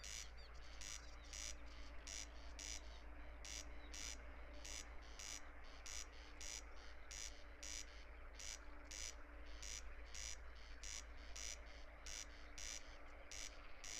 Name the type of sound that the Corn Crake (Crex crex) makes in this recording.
song